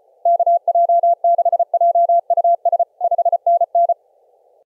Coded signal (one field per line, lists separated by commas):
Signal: Morse code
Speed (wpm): 34 wpm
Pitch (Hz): 690 Hz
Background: none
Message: KJ6JUS 5NN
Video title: Clipperton Island on 10 meters CW